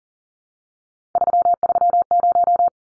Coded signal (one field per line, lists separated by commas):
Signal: Morse code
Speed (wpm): 40 wpm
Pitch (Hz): 700 Hz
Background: none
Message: 330